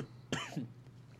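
One abrupt, harsh cough from an adult man, a single loud burst lasting about a third of a second, followed by quiet room hum. It has a rough, throat-clearing edge. No wheeze or repeated bouts are heard.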